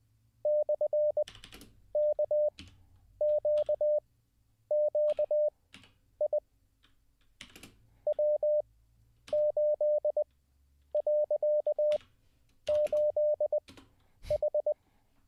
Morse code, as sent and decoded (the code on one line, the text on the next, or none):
-..-. -.- --.- --.- .. / .-- ---.. .-.-.- ---.. ....
/KQQI W8.8H